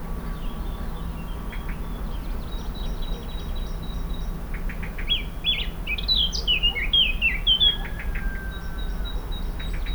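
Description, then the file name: Eurasian blackcap warbling song: faint high chirps early, then a fast burst of varied, jumbled whistled notes near the middle, over a steady low background hum. "Sylvia atricapilla"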